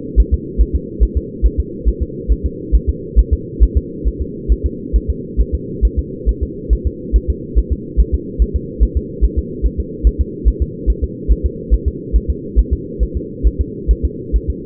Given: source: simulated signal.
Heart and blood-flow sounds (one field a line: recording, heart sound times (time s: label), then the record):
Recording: fetal heart sounds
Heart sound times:
0.20 s: S1
0.34 s: S2
0.61 s: S1
0.75 s: S2
1.03 s: S1
1.17 s: S2
1.46 s: S1
1.60 s: S2
1.88 s: S1
2.02 s: S2
2.32 s: S1
2.46 s: S2
2.75 s: S1
2.89 s: S2
3.19 s: S1
3.33 s: S2
3.63 s: S1
3.77 s: S2
4.07 s: S1
4.21 s: S2
4.52 s: S1
4.66 s: S2
4.96 s: S1
5.10 s: S2
5.40 s: S1
5.55 s: S2
5.85 s: S1
5.99 s: S2
6.29 s: S1
6.43 s: S2
6.73 s: S1
6.87 s: S2
7.16 s: S1
7.30 s: S2
7.58 s: S1
7.72 s: S2
8.00 s: S1
8.14 s: S2
8.42 s: S1
8.56 s: S2
8.83 s: S1
8.97 s: S2
9.24 s: S1
9.38 s: S2
9.66 s: S1
9.80 s: S2
10.07 s: S1
10.21 s: S2
10.48 s: S1
10.62 s: S2
10.90 s: S1
11.04 s: S2
11.32 s: S1
11.46 s: S2
11.74 s: S1
11.88 s: S2
12.16 s: S1
12.30 s: S2
12.59 s: S1
12.73 s: S2
13.03 s: S1
13.17 s: S2
13.47 s: S1
13.61 s: S2
13.91 s: S1
14.05 s: S2
14.36 s: S1
14.50 s: S2
From the record:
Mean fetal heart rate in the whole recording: 140 bpm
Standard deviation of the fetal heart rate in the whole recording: 2 bpm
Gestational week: 34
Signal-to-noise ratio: -4.1 dB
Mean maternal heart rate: no maternal heart sound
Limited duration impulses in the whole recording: absent